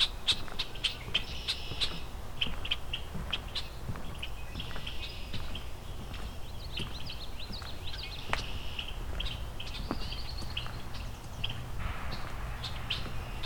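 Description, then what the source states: Red-winged Blackbird calls, with harsh chacks and buzzy trilled notes repeating throughout, and sharp clicks and knocks underneath. Unhappy bird flying around the recordist's head on a boardwalk through a marsh full of red-winged blackbirds.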